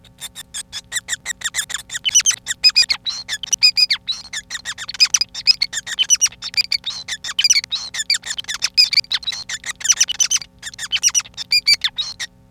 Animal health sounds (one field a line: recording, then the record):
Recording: song of a male Bengalese finch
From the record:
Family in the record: son of father 5